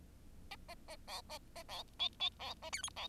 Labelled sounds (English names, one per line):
Bengalese Finch song